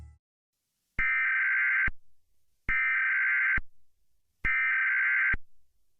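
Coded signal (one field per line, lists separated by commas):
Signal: Emergency Alert System (SAME) tones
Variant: header bursts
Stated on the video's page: Fictional EAS scenario; the alert is not a real government message or emergency broadcast.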